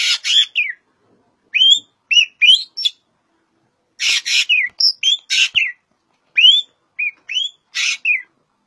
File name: Suara Burung Ekek